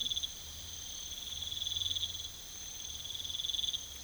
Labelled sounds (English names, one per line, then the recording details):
none
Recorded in pastures near Puerto Asís, Putumayo, Colombia, on 21 December 2024 at 03:30
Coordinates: 0.486, -76.323
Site GP01